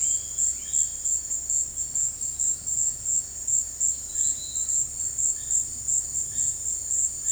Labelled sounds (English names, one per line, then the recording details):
none
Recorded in dense forest near Puerto Asís, Putumayo, Colombia, on 19 February 2024 at 17:30
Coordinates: 0.485, -76.318
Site G6408